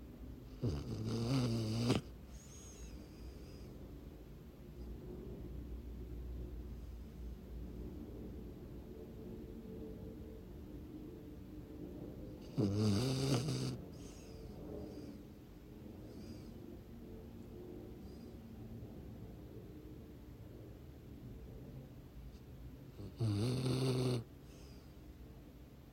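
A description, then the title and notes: Loud, rasping snores recur about every eleven seconds, each lasting a second or two, over a quiet, low hum between breaths. Sunday Afternoon Snores, Pittsburgh, PA, USA.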